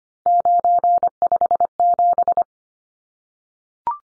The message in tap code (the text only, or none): none